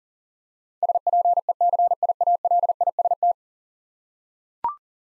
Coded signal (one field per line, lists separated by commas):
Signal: Morse code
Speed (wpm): 40 wpm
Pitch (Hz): 700 Hz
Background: none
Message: SPECIALIST